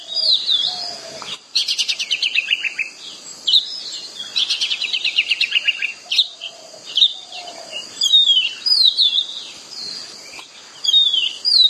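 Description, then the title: Oriental magpie-robin singing whistled notes mixed with rapid, buzzy descending trills, phrases alternating over a steady faint background hiss. "Kacer"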